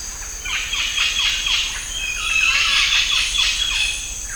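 Bird calls: a rapid run of short downslurred notes, then a busier stretch of trills and whistles, with a continuous high insect buzz behind.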